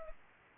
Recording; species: mosquito wingbeat signal from an infrared sensor; Culex pipiens